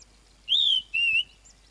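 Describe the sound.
Flappet lark call: two clear high whistles, the first slightly rising then falling, the second flatter and shorter, with a quiet background.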